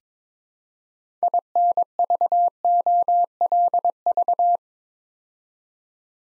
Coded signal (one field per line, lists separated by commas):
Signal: Morse code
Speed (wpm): 22 wpm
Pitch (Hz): 700 Hz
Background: none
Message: INVOLV